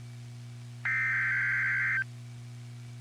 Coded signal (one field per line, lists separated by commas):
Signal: Emergency Alert System (SAME) tones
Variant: header bursts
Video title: Severe T-Storm Warning (EAS #7) 5/18/13